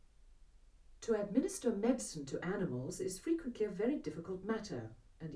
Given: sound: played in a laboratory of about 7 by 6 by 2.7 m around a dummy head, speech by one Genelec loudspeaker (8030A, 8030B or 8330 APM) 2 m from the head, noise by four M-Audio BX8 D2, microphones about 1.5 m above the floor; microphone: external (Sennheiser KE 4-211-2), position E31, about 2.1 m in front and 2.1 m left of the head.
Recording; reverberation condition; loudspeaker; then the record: female speech in English; low; 150 degrees to the right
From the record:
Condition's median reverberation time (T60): about 310 ms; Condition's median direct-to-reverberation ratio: about 3.5 dB